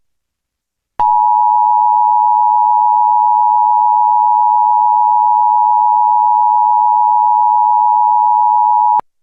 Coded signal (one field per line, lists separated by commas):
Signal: Emergency Alert System (SAME) tones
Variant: 853 and 960 Hz attention tone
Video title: EAS Reenactment Mock: Flash Flood Emergency for Philadelphia (Jul 6, 2020)